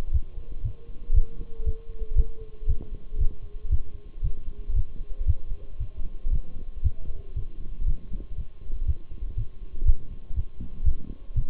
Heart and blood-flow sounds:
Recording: heart sounds by stethoscope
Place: between the tricuspid and mitral areas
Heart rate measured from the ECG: 118 bpm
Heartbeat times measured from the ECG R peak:
0.14 s: heartbeat
0.65 s: heartbeat
1.16 s: heartbeat
1.66 s: heartbeat
2.17 s: heartbeat
2.69 s: heartbeat
3.20 s: heartbeat
3.71 s: heartbeat
4.24 s: heartbeat
4.76 s: heartbeat
5.28 s: heartbeat
5.80 s: heartbeat
6.33 s: heartbeat
6.84 s: heartbeat
7.36 s: heartbeat
7.88 s: heartbeat
8.38 s: heartbeat
8.88 s: heartbeat
9.38 s: heartbeat
9.87 s: heartbeat
10.36 s: heartbeat
10.86 s: heartbeat
11.36 s: heartbeat
From the record:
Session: Bruce protocol treadmill stress test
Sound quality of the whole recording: partially saturated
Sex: male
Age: 23 years

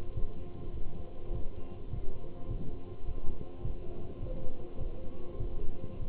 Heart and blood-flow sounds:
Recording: heart sounds by stethoscope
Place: between the tricuspid and mitral areas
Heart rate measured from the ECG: 103 bpm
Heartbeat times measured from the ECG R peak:
0.17 s: heartbeat
0.76 s: heartbeat
1.34 s: heartbeat
1.93 s: heartbeat
2.50 s: heartbeat
3.07 s: heartbeat
3.65 s: heartbeat
4.22 s: heartbeat
4.80 s: heartbeat
5.40 s: heartbeat
6.01 s: heartbeat
From the record:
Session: walking at 3.7 km/h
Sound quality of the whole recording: good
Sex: male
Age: 27 years

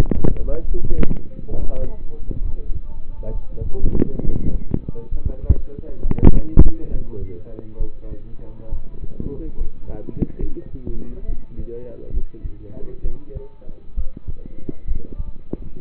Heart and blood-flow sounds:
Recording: heart sounds by stethoscope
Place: between the tricuspid and mitral areas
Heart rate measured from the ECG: 67 bpm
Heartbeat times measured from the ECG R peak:
0.65 s: heartbeat
1.49 s: heartbeat
2.42 s: heartbeat
3.32 s: heartbeat
4.22 s: heartbeat
5.09 s: heartbeat
6.02 s: heartbeat
6.88 s: heartbeat
7.78 s: heartbeat
8.69 s: heartbeat
9.55 s: heartbeat
10.40 s: heartbeat
11.26 s: heartbeat
12.11 s: heartbeat
13.02 s: heartbeat
13.95 s: heartbeat
14.85 s: heartbeat
15.79 s: heartbeat
From the record:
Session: rest, lying down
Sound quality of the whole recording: partially saturated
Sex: male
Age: 27 years

